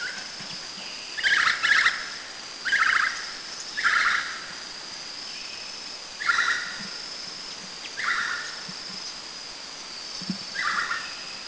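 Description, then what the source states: Great slaty woodpecker giving short bursts of loud, rapid notes about every one to three seconds over a steady high insect drone. Northern Thailand.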